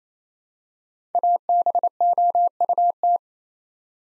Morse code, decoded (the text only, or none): ABOUT